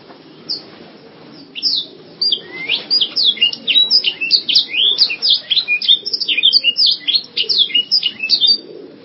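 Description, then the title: Canary singing a long, quick series of high, sharply repeated chirps and trills that starts after a brief quiet opening and continues steadily. "Kenari"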